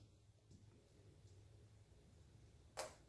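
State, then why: Seated. A rolling pin is rolled over a finished diamond painting, pressing loose resin drills down into their adhesive canvas cells, with only a faint low rumble beforehand. At 2.8 s a short, sharp click is heard as one resin drill snaps into place, seated in its cell.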